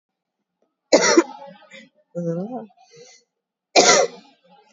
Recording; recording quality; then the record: heavy voluntary cough; excellent, no background noise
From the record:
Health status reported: COVID-19 positive, mild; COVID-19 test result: positive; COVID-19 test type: RT-PCR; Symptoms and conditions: cough, fatigue, loss of smell and taste, hypertension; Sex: female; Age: 48 years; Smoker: no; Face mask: worn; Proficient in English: yes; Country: India